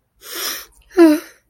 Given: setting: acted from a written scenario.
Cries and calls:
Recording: vocal sound without words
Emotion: sadness

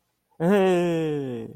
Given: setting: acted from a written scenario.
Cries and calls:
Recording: vocal sound without words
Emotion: elation

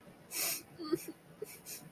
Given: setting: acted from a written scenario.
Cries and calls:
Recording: vocal sound without words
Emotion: sympathy

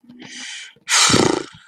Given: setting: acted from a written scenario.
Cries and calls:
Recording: vocal sound without words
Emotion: contempt

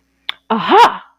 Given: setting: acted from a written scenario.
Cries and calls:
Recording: vocal sound without words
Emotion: realization

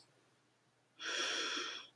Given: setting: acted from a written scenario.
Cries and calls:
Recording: vocal sound without words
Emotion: pride

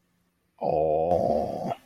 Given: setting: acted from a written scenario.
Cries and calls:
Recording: vocal sound without words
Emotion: adoration

